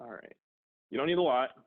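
A plastic fitting with a little silicone for sealing is being handled before it is pushed into the wall of a rain barrel. Someone talks briefly, pauses, then talks again. Nothing has seated or popped into place yet.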